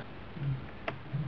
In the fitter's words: there you go you actually might hear a little click when you insert the cables so